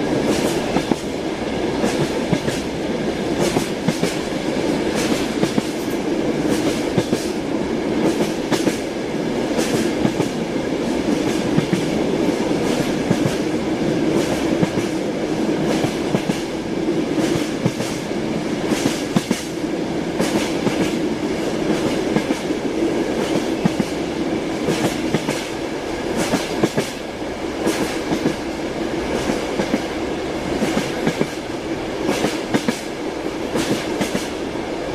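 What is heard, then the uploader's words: A train rolls along in a steady, dense rumble, with frequent irregular rattles and clicks from the wheels and carriage throughout, never pausing. Train Sounds Ambient White Noise Soundscape.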